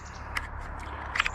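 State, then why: Seated. A plastic flight battery is slid, tab toward the bottom, into the rear bay of an Attop X-Pack 10 mini Wi-Fi camera drone and pressed in, with a brief tick near 0.4 s over a steady low rumble outdoors. A sharp double click follows at 1.2 s and 1.3 s as the battery seats in the bay.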